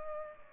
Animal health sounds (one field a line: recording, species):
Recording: mosquito wingbeat signal from an infrared sensor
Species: Culex pipiens